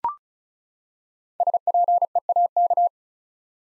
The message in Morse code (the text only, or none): SPEAK